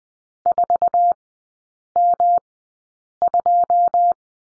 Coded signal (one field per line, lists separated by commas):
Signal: Morse code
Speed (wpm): 20 wpm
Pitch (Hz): 700 Hz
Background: none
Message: 4M2